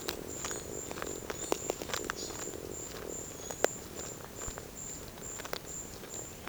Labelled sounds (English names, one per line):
none